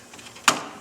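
The rubber top pad of a Victory motorcycle running board is pried up and worked loose from its snap-in connectors. After quiet low handling noise, a single sharp pop rings out at 0.5 s and fades over the next few tenths of a second as the pad comes free of its clips.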